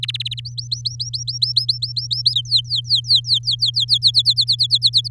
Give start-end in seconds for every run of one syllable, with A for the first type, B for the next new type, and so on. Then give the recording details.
0.03-0.40 A, 0.45-2.35 B, 2.35-3.98 C, 4.02-5.08 D. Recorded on 7 May 2018 at 17:11. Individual llb16